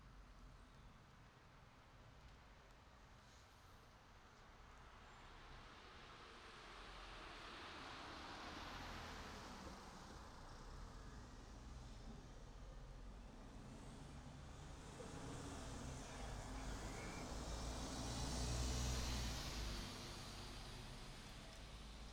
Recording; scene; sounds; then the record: everyday scene through a hearing-aid microphone; in traffic; traffic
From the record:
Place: city secondary road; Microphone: in the ear canal, right